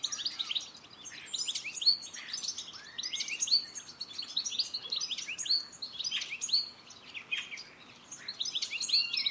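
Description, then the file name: European goldfinch calls and twittering, bright tinkling chirps continuing throughout over faint background noise. "Carduelis carduelis"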